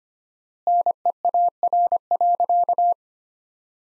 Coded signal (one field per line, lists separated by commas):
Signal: Morse code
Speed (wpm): 25 wpm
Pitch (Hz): 700 Hz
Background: none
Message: NEAR.